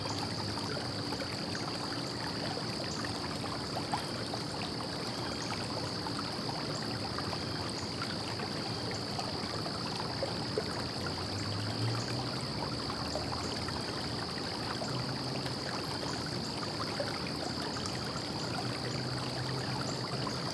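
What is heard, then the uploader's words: A creek runs steadily and densely, its rushing, trickling water filling the whole clip at an even level. A constant high cricket trill sits above it without pause. Around the middle, a faint low hum rises briefly, like a passing vehicle. Crickets and the Creek.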